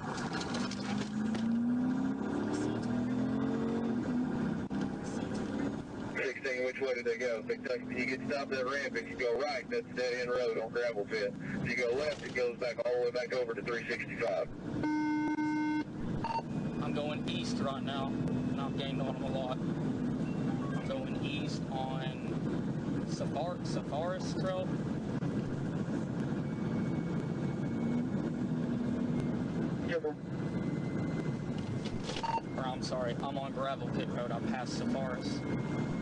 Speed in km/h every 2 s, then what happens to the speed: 48, 76, 105, 122, 130, 140, 156, 167, 174, 184, 185, 175, 167, 171, 172, 161, 155, 161.
0-18 speeds up to 184. 21-24 brakes to 167. 28-32 brakes to 155. 32-36 speeds up to 161.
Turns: none.